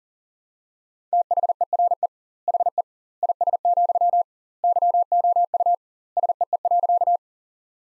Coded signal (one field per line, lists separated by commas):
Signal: Morse code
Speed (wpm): 37 wpm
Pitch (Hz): 700 Hz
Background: none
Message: THERE HE IS, YOU SEE.